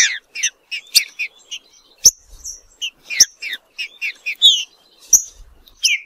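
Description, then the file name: Green-winged saltator giving spaced, high chirps and short whistled notes, broken by several sharp clicks and brief pauses. "canto do trinca ferro"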